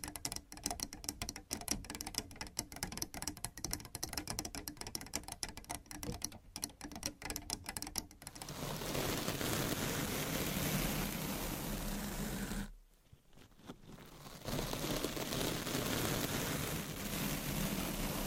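Quick dense tapping for about eight seconds gives way to steady rough scratching, broken by a brief near-silent pause around thirteen seconds.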